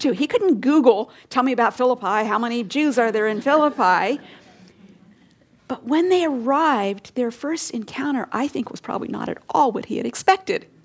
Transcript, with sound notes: He couldn’t Google, “Tell me about Philippi; how many Jews are there in Philippi?” (laughter) But when they arrived, their first encounter was probably not all what he had expected.